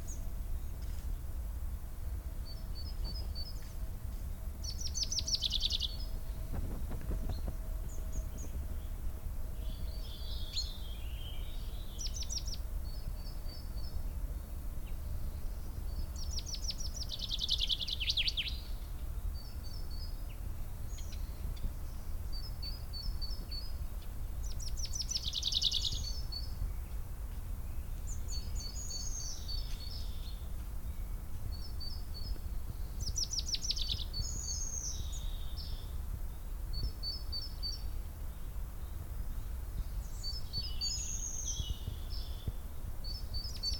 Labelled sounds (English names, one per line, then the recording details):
Common Chaffinch
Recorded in the wild
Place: Naturfreundehaus - Üdersee, Nationalpark Untere Oder, Brandenburg, DE
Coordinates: 52.85, 13.68
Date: 1996-03-26 13:38
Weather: bedeckt, 3°C
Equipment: Sony MD-WM MZ-R3, Sennheiser ME 80, Kopie Uher 4000 Report Monitor
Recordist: Tembrock, Günter